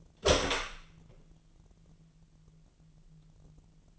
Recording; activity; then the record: daily activity, microphone in the room; open door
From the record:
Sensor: 4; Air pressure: 999.1 hPa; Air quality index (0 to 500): 115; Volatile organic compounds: 2 ppm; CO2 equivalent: 1135 ppm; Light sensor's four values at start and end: 13/31/12/14 and 13/34/13/15